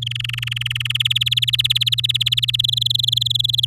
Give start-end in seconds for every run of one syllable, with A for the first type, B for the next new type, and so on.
0.02-0.97 A, 1.00-2.56 B, 2.59-3.65 C